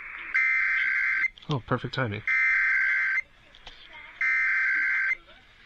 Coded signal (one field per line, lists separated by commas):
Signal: Emergency Alert System (SAME) tones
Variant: header bursts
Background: speech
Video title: TONES, TONES, & MORE TONES... EAS Tests from 12/3/24 - 12/19/24 (EAS #5,177 - 5,286)